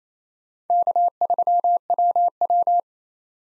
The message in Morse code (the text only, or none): K3WW